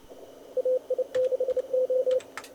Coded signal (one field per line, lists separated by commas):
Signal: Morse code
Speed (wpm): 28 wpm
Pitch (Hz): 560 Hz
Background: none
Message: AI6O